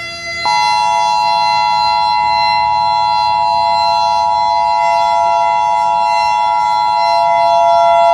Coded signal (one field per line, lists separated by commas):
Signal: Emergency Alert System (SAME) tones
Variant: 853 and 960 Hz attention tone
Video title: EAS Scenario (Kinda?) - Battle of the Gods